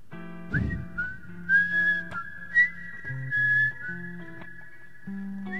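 A high, pure melody resembling a pan flute, sounding whistled, glides smoothly between sustained notes over a steady backing of low accompaniment chords, with no talking.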